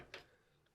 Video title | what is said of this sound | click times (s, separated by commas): Fractal Design Meshify 2 XL PC Case Setup & Review | It just snaps right in. | 0.1 s